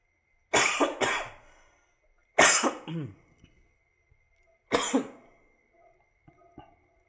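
Three loud, harsh coughing bursts from the narrator of a story reading, recorded live and uncut, the first a quick double cough, spaced a couple of seconds apart, with faint rustles in the quiet between them and no talking.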